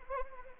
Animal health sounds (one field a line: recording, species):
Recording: mosquito wingbeat signal from an infrared sensor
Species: Anopheles arabiensis